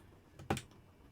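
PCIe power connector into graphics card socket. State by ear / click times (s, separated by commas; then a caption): seated / 0.5 s. A PCIe power cable connector is pushed into the power socket of an Intel Arc A750 graphics card being installed in a NUC 11 Extreme. It gives a soft scrape at 0.4 s and a sharp click at 0.5 s, then a few faint follow-up sounds. The connector seats firmly in place.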